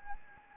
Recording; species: mosquito wingbeat signal from an infrared sensor; Anopheles gambiae